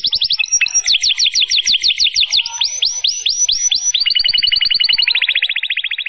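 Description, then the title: Canary song, a long unbroken run of rapid trills and downward-sweeping whistled notes, switching tour every second or two, loud and high-pitched throughout. Long, vigorous canary song, suited for tutoring and luring wild canaries. "Pikat Kenari GACOR PANJANG INI Cocok Untuk Masteran KENARI LIAR"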